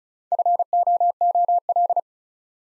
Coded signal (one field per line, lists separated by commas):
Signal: Morse code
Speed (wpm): 36 wpm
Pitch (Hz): 700 Hz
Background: none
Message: FOOL